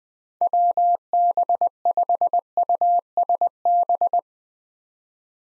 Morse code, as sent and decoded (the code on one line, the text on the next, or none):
.-- -... ..... ..- ... -...
WB5USB